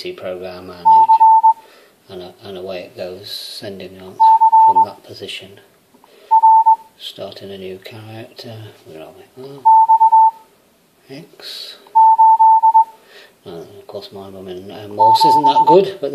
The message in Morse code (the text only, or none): C C R X 8 7